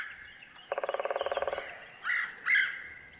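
Red-headed Woodpecker calls, a quick burst of rattling notes followed by two harsh churring calls.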